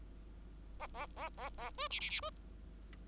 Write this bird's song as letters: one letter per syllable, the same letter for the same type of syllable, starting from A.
A A A A A B C C C B